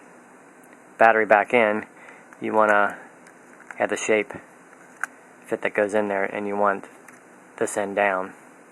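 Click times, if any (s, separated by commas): none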